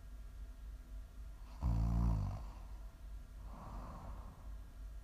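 An adult snoring in sleep, offered as ASMR: one loud, low, rumbling snore on the in-breath, followed by a softer, airy out-breath. It is an ordinary sleep snore from vibration in the throat. A steady low hum runs in the background.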